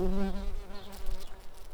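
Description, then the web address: Brown-banded carder bee buzzing, a low droning hum with steady harmonics that fades and wavers over under two seconds, with some rustling noise. Queens. "Humilis queens"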